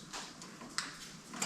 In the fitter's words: Snapped right in, that's great.